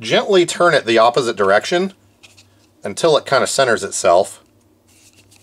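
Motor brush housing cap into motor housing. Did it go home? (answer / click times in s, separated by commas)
no / none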